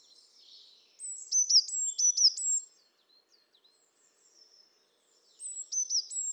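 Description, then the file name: Eurasian blue tit song: a short run of high, thin notes, a pause with faint chips, then another brief run. "Cyanistes caeruleus"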